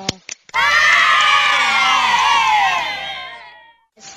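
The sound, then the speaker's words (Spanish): A group of children from barrio El Pericón cheer, shout and applaud together, many high voices overlapping in one loud, sustained burst that lasts about three seconds before tapering off. “Le damos un aplauso. Un aplauso.”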